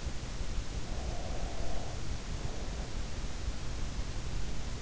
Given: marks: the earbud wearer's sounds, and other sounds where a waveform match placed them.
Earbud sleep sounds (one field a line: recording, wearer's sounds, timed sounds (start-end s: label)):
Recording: sounds in sleep by an in-ear microphone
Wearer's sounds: breath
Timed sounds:
0.61-3.14 s: breath